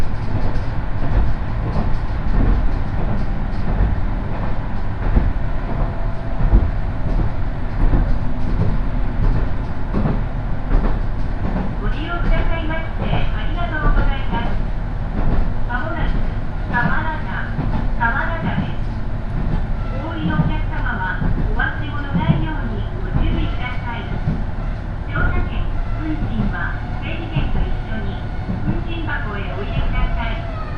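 A one-car railbus rumbles steadily along while passengers, including high school students, chatter, the voices growing busier after about twelve seconds.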